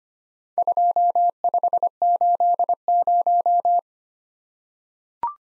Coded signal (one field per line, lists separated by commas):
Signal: Morse code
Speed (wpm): 25 wpm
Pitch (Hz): 700 Hz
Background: none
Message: 2580